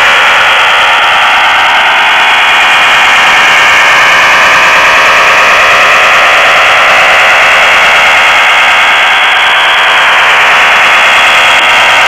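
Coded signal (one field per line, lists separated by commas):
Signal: HF data modem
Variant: STANAG 4285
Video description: Tuning PSK signal, decoding Stanag 4285 (text message)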